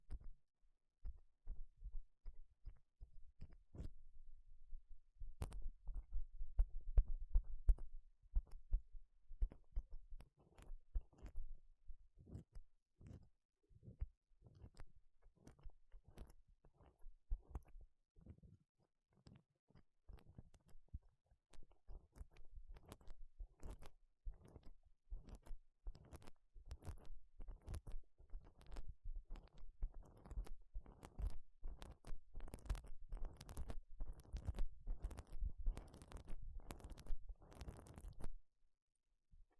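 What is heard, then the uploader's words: Gloves being handled: dense, irregular soft thumps and rustling clicks that grow busier and sharper toward the end, then stop abruptly. 5 different GLOVES Sounds. (No Talking).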